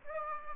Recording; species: mosquito wingbeat signal from an infrared sensor; Aedes aegypti